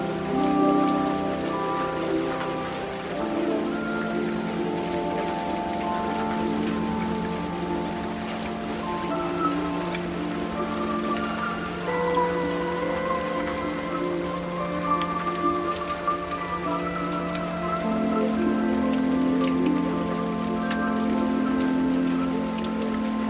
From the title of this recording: Raindrops on the Roof